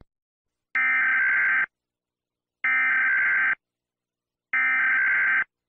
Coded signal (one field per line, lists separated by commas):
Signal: Emergency Alert System (SAME) tones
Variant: header bursts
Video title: EAS Scenario - No Way Out (REMAKE)